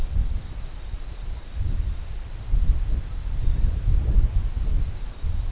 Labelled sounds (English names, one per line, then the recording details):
none
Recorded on Arctic tundra, site CORI-1, on 21 June 2018
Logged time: 00:00